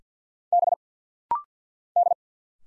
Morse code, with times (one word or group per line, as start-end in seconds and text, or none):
0.5-0.7 B
2.0-2.1 D